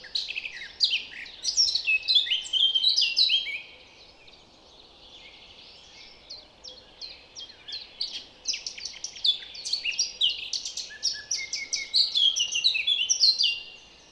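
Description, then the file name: Eurasian blackcap song: two long bursts of fast, high, scratchy twittering, separated by a quieter gap, with steady low background noise. "Sylvia atricapilla"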